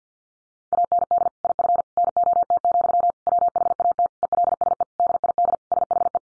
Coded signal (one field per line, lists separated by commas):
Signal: Morse code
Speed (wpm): 50 wpm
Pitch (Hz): 700 Hz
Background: none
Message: AND IF NOT, WHAT ELSE DID SHE